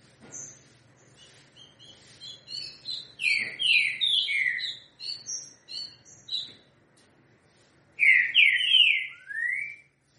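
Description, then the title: Green-winged saltator song, a string of clear whistled notes that swell into loud descending slurs, with high thin notes mixed in and a final rich phrase. Three-note song style, called 'trinca-ferro 3 notas com boi'. "Canto De Trinca Ferro Voz 10. TRINCA=FERRO 3 NOTAS COM BOI"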